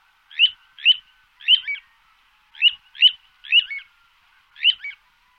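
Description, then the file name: Little ringed plover calls, several short clear whistled notes, some in quick pairs, spaced irregularly with silence between them. "charadrius dubius"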